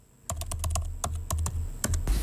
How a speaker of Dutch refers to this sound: Jij zit inderdaad te appen. Met wie zit je te appen? Op dit moment met Sander Dekker, de oud-bewindspersoon, oud-minister en oud-staatssecretaris van Media.